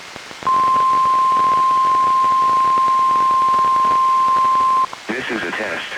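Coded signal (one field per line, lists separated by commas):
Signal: Emergency Alert System (SAME) tones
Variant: 1050 Hz attention tone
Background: speech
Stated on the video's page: Required Monthly Tests relayed by a NOAA Weather Radio station, recorded from a Reecom R-1630 weather radio, and by a TV station.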